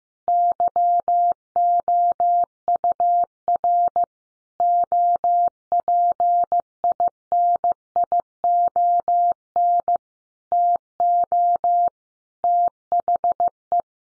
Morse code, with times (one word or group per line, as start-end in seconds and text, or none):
0.3-4.0 YOUR
4.6-10.0 OPINION
10.5-11.9 TO
12.4-13.8 THE